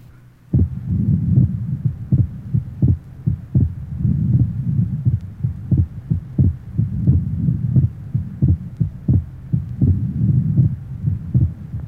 Age 23 normal splitting of second heart sound, pulmonary area.